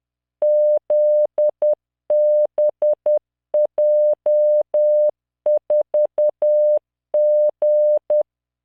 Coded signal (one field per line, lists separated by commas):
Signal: Morse code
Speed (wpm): 10 wpm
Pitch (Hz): 600 Hz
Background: none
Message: ZBJ4G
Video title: tamanのモールス練習動画93（モールス信号 速度10WPM morse code)